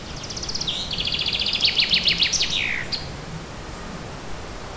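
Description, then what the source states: Bird song: one fast phrase of high repeated notes dropping into a rapid rattling trill and a descending end note, with soft background noise afterward. Forest setting.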